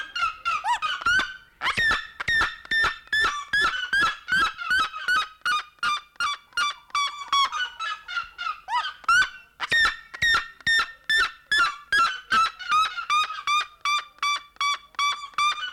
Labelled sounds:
Red-legged Seriema (Cariama cristata) call

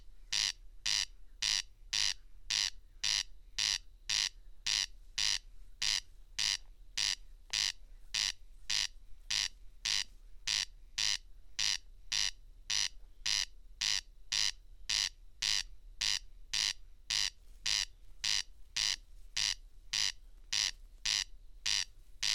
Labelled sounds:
Corn Crake (Crex crex) song

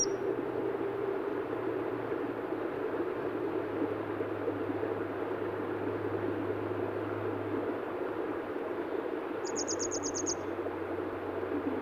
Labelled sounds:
Grey Wagtail (Motacilla cinerea) song

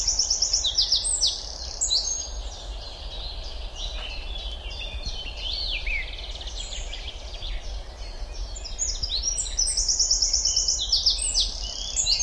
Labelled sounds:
Eurasian Wren (Troglodytes troglodytes) song

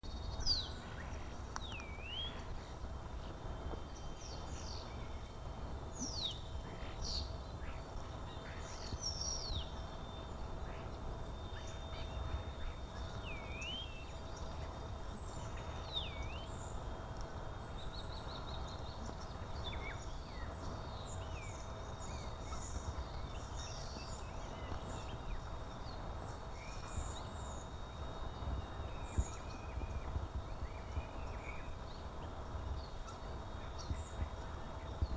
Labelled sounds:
European Starling (Sturnus vulgaris) call

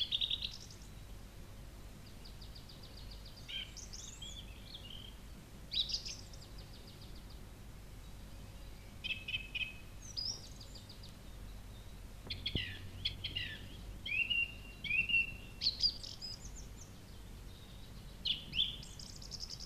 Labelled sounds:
Song Thrush (Turdus philomelos) song

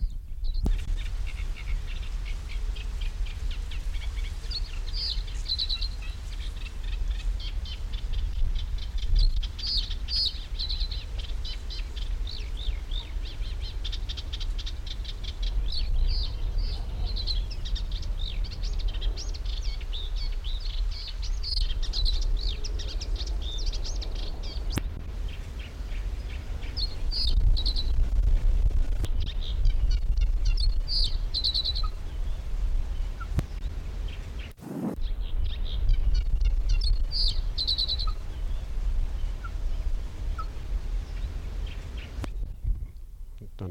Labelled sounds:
Reed Bunting (Emberiza schoeniclus)

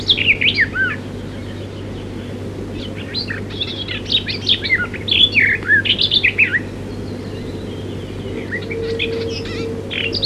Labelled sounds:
Garden Warbler (Sylvia borin) song

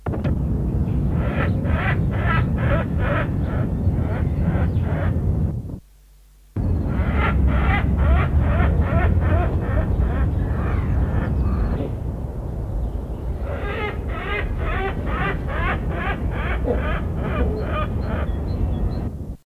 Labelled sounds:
White-thighed Hornbill (Bycanistes albotibialis) call

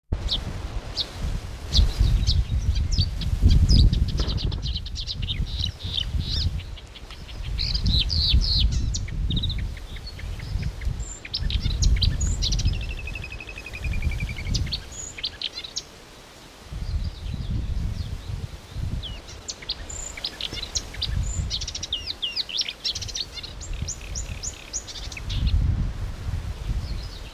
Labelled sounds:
Marsh Warbler (Acrocephalus palustris) song

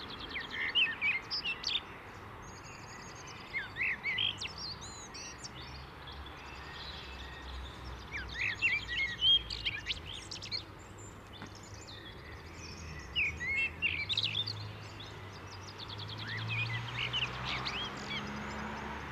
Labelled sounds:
Common Blackbird (Turdus merula) song

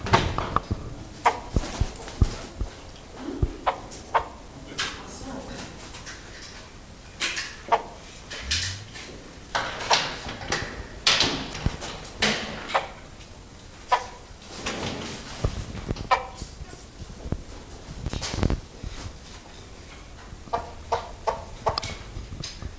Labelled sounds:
Von Der Decken's Hornbill (Tockus deckeni) call

